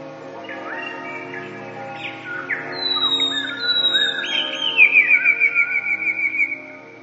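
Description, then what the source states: Eurasian blue tit with scattered short chirps building into high thin notes and a rapid trill of around ten repeated notes, a steady low hum beneath. Song (śpiew).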